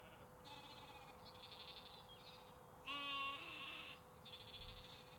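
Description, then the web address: Sheep bleat: one wavering, nasal bleat lasting about a second midway through, with softer bleating before and after over a steady hiss. Sheep and lambs recorded in canals, parks and forests in the UK. "UK Canals, Parks Forests Sheeps Lamps"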